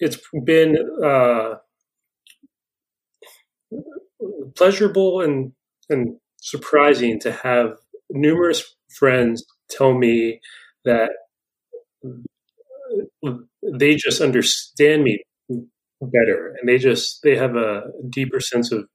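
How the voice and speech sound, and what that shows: Adult man who stutters, speaking with silent mid-sentence blocks of two to three seconds and prolonged sounds, typical of stuttering.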